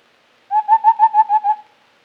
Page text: White-Browed Scimitar Babbler Call. Quick Sounds